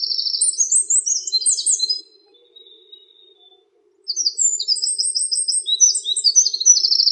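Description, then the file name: Eurasian wren song: two bursts of rapid, high, tumbling trills and twitters separated by a two-second pause, over a faint low steady hum. "krapivnik"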